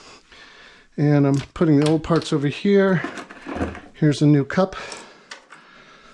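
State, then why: Seated. Someone talks while a new plastic suspension rod cup is pressed into the corner bracket of a washing machine cabinet. A short, sharp snap is heard at 5.3 s, and the cup seats in place.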